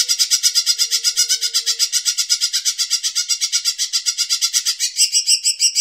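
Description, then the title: Bird giving a fast, steady, high chattering trill of sharp pulses, continuing throughout and shifting slightly in tone near the end. "SuaraBurung Kicau"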